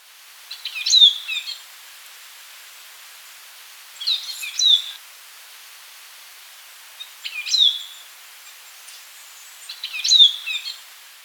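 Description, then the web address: Chestnut-breasted chlorophonia calls: short clusters of high notes ending in a thin downslurred whistle, repeated about every three seconds against faint constant hiss. Recorded in Ecuador. "Natures Songs S America Birds of Ecuador. Chestnut-Breasted Chlorophonia"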